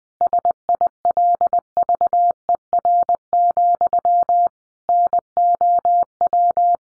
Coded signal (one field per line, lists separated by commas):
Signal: Morse code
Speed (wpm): 20 wpm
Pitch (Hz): 700 Hz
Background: none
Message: SILVER, NOW